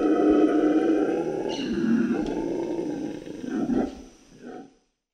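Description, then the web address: Red howler monkey roaring, a deep, rough, sustained roar that swells, dips and fades over about five seconds before falling silent. South American rainforest. "Nature Songs S America Primates of the Rainforest Red howler monkey"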